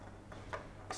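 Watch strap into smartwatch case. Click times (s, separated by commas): 0.5 s, 0.9 s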